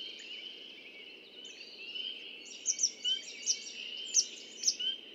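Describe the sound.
Red-winged blackbird: repeated short high chips, some doubled, over a constant background of buzzy chatter and low hum.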